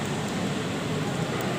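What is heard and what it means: A locking ring is being fitted onto a cylinder bore gauge to fix the dial indicator or extension in position. Only a steady, broadband background hum with low rumble is heard, and no distinct impacts occur. Nothing has seated or locked yet.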